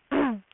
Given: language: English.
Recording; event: throat vibration sensor signal played as sound; throat clearing